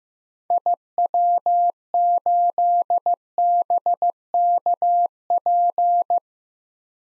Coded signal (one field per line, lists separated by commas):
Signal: Morse code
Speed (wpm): 15 wpm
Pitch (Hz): 700 Hz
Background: none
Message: IW8BKP